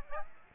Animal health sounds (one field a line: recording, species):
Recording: mosquito wingbeat signal from an infrared sensor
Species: Aedes aegypti